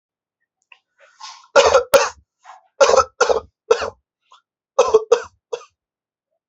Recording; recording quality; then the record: heavy voluntary cough; excellent, no background noise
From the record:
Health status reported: exposed to COVID-19, no respiratory illness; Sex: male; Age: 30 years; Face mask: not worn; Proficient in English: yes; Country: India